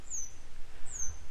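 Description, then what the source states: Grey wagtail, two high, thin calls that slide downward, nearly a second apart, with low background noise. A pair of grey wagtails still searching for their young today; follow-up recording.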